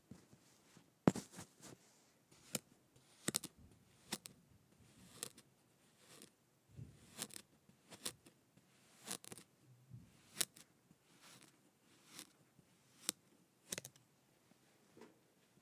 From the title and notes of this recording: ASMR Cutting up Kinetic Sand.